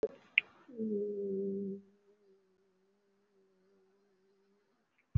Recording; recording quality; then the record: sustained vowel as in beet; excellent, no background noise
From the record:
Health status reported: recovered from COVID-19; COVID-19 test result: positive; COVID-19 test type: RT-PCR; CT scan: taken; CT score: 2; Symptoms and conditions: cough, cold, breathing difficulty, sore throat, fatigue, muscle pain, asthma, another respiratory illness, hypertension, diabetes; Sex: female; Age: 49 years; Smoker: no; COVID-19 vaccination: both doses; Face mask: worn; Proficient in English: no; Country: India